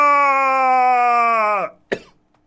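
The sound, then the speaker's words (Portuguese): A long, steady sung or synthesized jingle note holds and then sags downward in pitch, followed after a brief pause by one short, sharp cough that is part of the jingle, then quiet. “A tosse fazia parte do jingle.”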